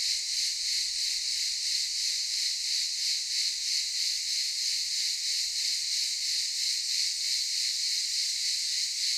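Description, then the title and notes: Cicadas producing a sustained shrill buzzing chorus with fast, even throbbing pulses and nothing else clearly heard. Several cicadas calling in daytime at Aylak Yaşam Camp, Çıralı, Kemer, Antalya, Turkey. "Ulupınar Mahallesi, Çıralı Yolu, 07980 Kemer/Antalya, Turkey - Cicadas daytime. Aylak Yaşam Camp, cicadas in daytime"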